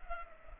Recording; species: mosquito wingbeat signal from an infrared sensor; Culex pipiens